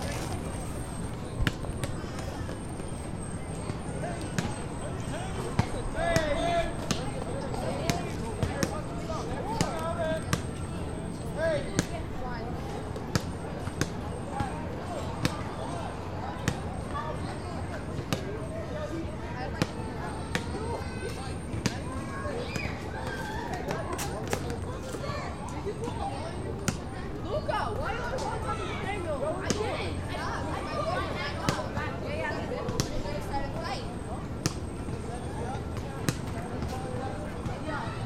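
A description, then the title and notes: Teenagers play basketball on nearby park courts, with sharp ball thumps and slaps landing irregularly every second or two over a steady bed of chatter and shouting voices. A faint, constant high whine runs throughout, and a low outdoor hum from traffic sits underneath. The only recording not made from a stationary position - this track is essentially a walking tour of Greenpoint's McCarren Park. Children of all ages play in every corner of the park, most notably teenagers playing basketball in the courts nearby.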